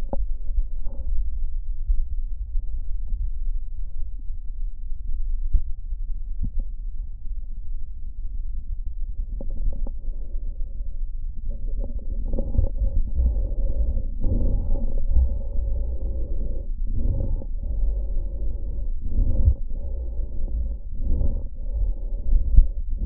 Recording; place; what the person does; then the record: lung sounds by stethoscope; left posterior basal chest; quiet breathing, then deep breathing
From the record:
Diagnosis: interstitial lung disease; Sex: male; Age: 82 years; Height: 158 cm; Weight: 49 kg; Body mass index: 19.6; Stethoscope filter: diaphragm mode